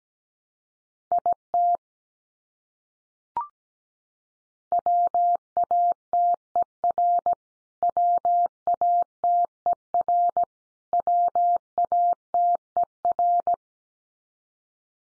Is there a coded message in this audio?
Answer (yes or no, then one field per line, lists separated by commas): yes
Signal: Morse code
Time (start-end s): 1.1-13.5 s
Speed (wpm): 17 wpm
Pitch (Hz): 700 Hz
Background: none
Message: IT WATER WATER WATER